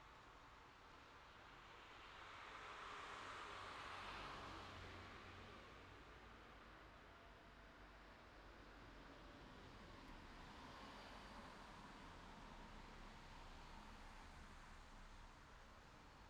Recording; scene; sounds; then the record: everyday scene through a hearing-aid microphone; in traffic; traffic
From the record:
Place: city secondary road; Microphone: in the ear canal, left